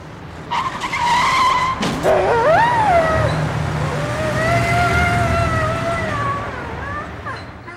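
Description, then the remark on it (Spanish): A car's tires screech in a long, wavering squeal as it skids, broken by a sudden thump around the middle as it hits a dog crossing the street, followed by the dog's high yelping cries as the skid keeps grinding on under a rumbling engine. “Hoy intenté cruzar la calle por donde pasan los coches y uno me atropelló.”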